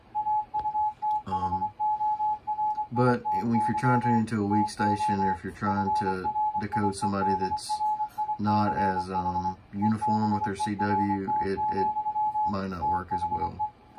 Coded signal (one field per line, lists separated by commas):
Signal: Morse code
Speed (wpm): 23 wpm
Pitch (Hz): 850 Hz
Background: speech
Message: AUTHORITY TO FRIEDRICH EBERT, THE